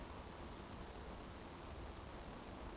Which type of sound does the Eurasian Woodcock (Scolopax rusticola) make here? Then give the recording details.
whistle. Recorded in Baden-Württemberg, Germany, on 24 June 2020 at 20:31 UTC. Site 14569, 102 m above sea level